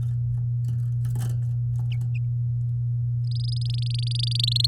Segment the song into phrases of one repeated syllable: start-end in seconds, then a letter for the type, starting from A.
3.27-4.66 A